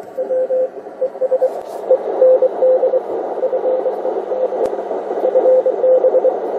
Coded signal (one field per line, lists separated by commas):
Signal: Morse code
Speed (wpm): 23 wpm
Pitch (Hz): 520 Hz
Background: radio noise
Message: W ES END FED FB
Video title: CX1SI-Recibo y prueba de QRP SDR HF 8 Bandas CW-SSB-USB -Octubre 2022